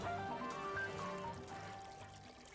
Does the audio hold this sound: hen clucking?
no